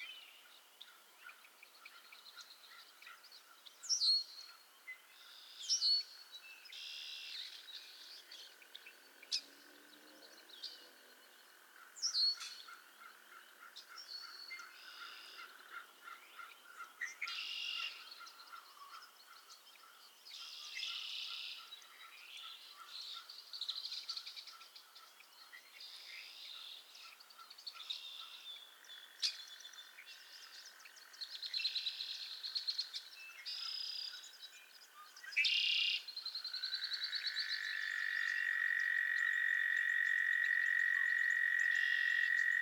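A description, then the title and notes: A chorus of frogs calls at Miners Marsh, a dense layer of overlapping high chirps and peeps with brief louder bursts every few seconds. Near the end, around thirty-seven seconds, a loud, steady trill rises and holds unbroken to the close. Theraphonia - Frogsong at Miners Marsh. A chorus of frogs croon to one another on an idyllic summer evening in Miners Marsh, Annapolis Valley, Nova Scotia.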